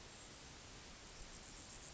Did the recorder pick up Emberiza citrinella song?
no